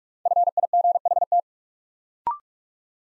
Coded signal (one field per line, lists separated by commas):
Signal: Morse code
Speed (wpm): 44 wpm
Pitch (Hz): 700 Hz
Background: none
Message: FIGHT